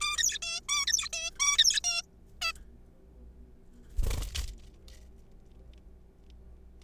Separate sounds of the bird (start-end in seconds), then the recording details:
0.01-0.38, 0.42-0.60, 0.69-0.86, 0.87-1.08, 1.13-1.31, 1.40-1.80, 1.84-2.02, 2.42-2.52. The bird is a juvenile. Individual R3428